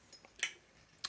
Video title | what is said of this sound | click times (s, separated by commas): [HOW TO] Novritsch SS4 disassembly and repair | and clicks in place there | 0.4 s, 1.1 s